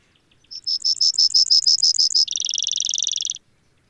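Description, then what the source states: Brewer's sparrow singing a series of high, pulsed notes that switches abruptly into a rapid, lower, buzzing trill; the song is clear against a quiet background. Recorded in Sierra Valley in 2009.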